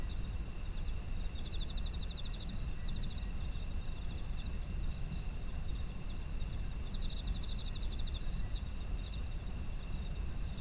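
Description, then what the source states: High, even insect trills with rapid pulsed chirp bursts near two and seven seconds, accompanied by a constant low-frequency rumble. Autumn insect ambient soundscape.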